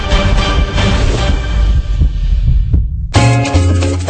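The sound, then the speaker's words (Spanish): Loud, deep heartbeat thumps throb steadily under a dense, droning music bed in a promo for Radio del Sur on Cantv satelital channel 106, then cut out briefly before sustained tonal chords take over. “Marca en tu lista de canales de radio el canal 106 y descubre la Radio del Sur, porque en tu Cantv satelital también suenan los latidos de la patria grande.”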